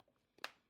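The right comfort liner retaining tab, which had been resisting, is pushed into the helmet shell. A few faint handling sounds come just before one sharp click at 0.4 s, and the tab seats in place.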